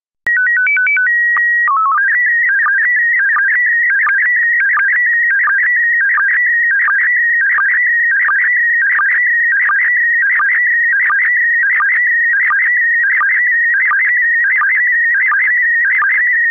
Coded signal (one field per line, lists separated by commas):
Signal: SSTV (slow-scan television)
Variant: PD 90